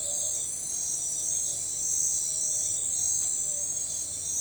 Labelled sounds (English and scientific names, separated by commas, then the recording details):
none
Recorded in forest near Pivijay, Magdalena, Colombia, on 15 April 2023 at 02:30
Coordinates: 10.467, -74.380
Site Z5-G034